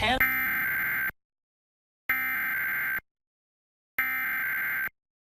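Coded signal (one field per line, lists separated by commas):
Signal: Emergency Alert System (SAME) tones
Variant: header bursts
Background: speech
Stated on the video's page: Tornado warning relayed by broadcast station WDFX.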